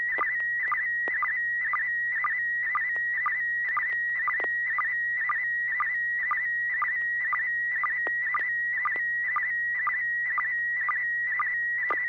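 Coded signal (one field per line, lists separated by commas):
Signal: SSTV (slow-scan television)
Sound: steady high warbling tone with rhythmic short low chirps about twice a second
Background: low hum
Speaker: Okay, Bob, N6BGQ, it's your turn, sir.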